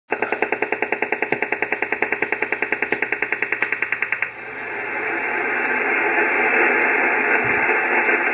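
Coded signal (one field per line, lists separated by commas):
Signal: radar signal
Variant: over-the-horizon, 10 pulses/second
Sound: fast even tapping, about ten rasping clicks per second for four seconds, then steady hiss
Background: radio static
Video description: I caught this strange OTHR like signal while surfing the websdr site sounding very much like the old classic Russian Woodpecker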